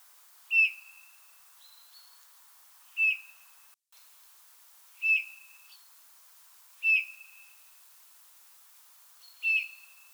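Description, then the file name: Eurasian bullfinch calls: soft, pure piping whistles on one steady pitch, five in ten seconds, spaced about two seconds apart, with fainter higher notes between. "Pyrrhula pyrrhula"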